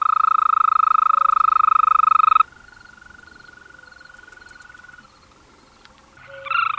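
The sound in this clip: European green toad with a loud, even, purring trill lasting about two and a half seconds, then a fainter trill continuing, and a brief different sound at the end.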